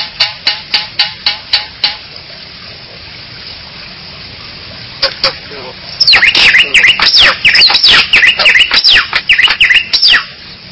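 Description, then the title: Bali myna calling: loud, rapid, harsh down-and-up slurred notes repeated for several seconds, after a spell of sharp regular clicking sounds. "Jalak Bali"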